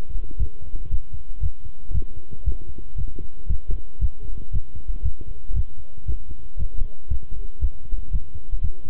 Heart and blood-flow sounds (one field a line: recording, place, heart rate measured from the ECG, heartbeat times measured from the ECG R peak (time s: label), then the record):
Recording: heart sounds by stethoscope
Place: between the tricuspid and mitral areas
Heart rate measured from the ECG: 117 bpm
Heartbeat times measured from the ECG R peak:
0.39 s: heartbeat
0.91 s: heartbeat
1.42 s: heartbeat
1.94 s: heartbeat
2.46 s: heartbeat
2.97 s: heartbeat
3.49 s: heartbeat
4.01 s: heartbeat
4.53 s: heartbeat
5.04 s: heartbeat
5.55 s: heartbeat
6.07 s: heartbeat
6.59 s: heartbeat
7.10 s: heartbeat
7.61 s: heartbeat
8.12 s: heartbeat
8.63 s: heartbeat
From the record:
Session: walking at 3.7 km/h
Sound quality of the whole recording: good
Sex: male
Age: 25 years